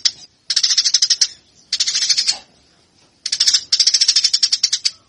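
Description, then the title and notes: Eurasian tree sparrow fighting chatter: bursts of rapid, harsh, high chirps separated by short silences. Fighting call of tree sparrows, used as a master training recording for birds. "GEREJA TARUNG. burung gereja"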